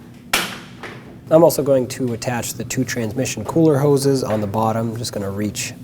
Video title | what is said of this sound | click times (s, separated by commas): How to Replace Radiator Nissan Frontier (2.5L L4) | Make sure it clicks and is locked in. | 0.3 s